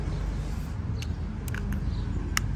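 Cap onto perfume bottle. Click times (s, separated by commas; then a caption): 2.4 s. The heavy cap of a Lattafa Pride Wajood perfume bottle is pressed down onto the bottle over a steady low rumble, with faint small ticks around 1.0 to 1.7 seconds. A sharp, bright click at 2.4 seconds marks the cap seating firmly and securely in place.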